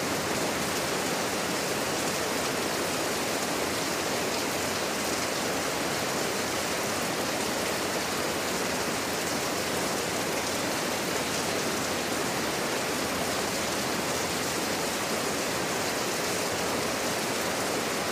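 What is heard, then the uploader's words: Rain pours steadily through the jungle, a dense, even hiss that fills the upper range with fine spatter and little low rumble. The level holds constant for the whole stretch, with no separate drops, thunder or animal calls standing out. Jungle Rain Sounds.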